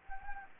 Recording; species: mosquito wingbeat signal from an infrared sensor; Anopheles gambiae